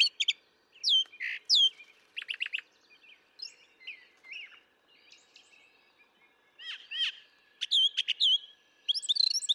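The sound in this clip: Brown thrasher singing a varied string of phrases, sweet slurred notes alternating with dry buzzy and clicking bursts, several delivered as doubled pairs, against a quiet background.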